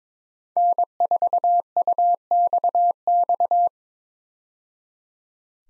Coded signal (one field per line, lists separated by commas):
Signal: Morse code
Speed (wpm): 22 wpm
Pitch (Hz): 700 Hz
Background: none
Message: N4UXX